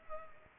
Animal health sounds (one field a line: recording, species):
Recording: mosquito wingbeat signal from an infrared sensor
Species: Culex pipiens